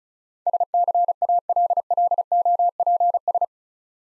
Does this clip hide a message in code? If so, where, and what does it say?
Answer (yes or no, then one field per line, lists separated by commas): yes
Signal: Morse code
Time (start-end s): 0.5-3.4 s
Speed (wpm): 36 wpm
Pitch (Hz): 700 Hz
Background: none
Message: SCALLOPS